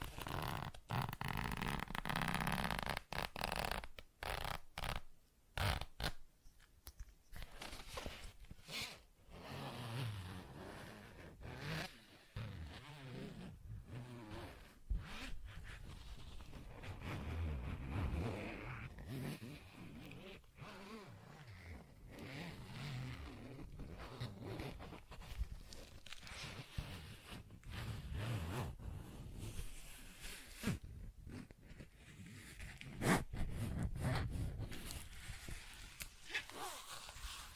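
Zipper and scratching sounds, with sharp bursts and quick tapping clicks crowding the first six seconds. After that comes a steadier stretch of rubbing and scratching with a low rumbling undertone, broken by scattered clicks. Near the thirty-three second mark it briefly grows louder.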